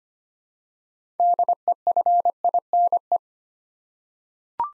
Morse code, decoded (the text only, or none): DEFINE